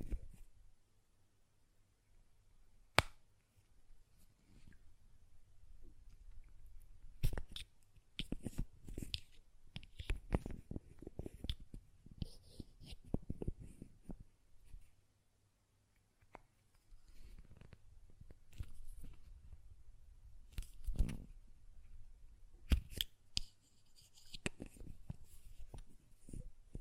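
A glass perfume bottle is handled, with sharp clicks and taps of the lid scattered irregularly through the clip. Sharp isolated knocks land near 3, 7 and 23 seconds, with denser clusters of small clinks and scrapes in between and a near-silent pause around 15 seconds.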